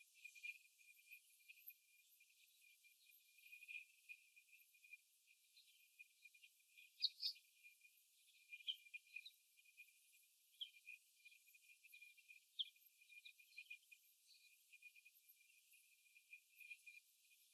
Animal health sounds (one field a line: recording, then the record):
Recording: young laying hens in a cage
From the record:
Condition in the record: after the stressor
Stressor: simulated dog barking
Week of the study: 1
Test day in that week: 1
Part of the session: 2